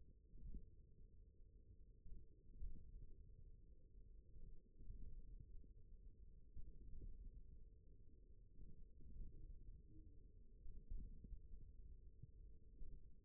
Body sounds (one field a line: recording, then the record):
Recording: forearm muscle sounds (acoustic myography)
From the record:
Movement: index flexion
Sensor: system 1, eight BSWA MPA416 microphones around the upper forearm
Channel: 4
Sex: male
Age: 41 years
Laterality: right